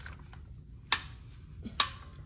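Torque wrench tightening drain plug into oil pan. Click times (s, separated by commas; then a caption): 0.9 s, 1.8 s. A torque wrench set to 25 ft-lb is pushed to tighten the oil drain plug on a car's oil pan. After a few faint ticks, the wrench gives two sharp clicks at 0.9 s and 1.8 s, showing it has reached its setting and the plug is tight enough.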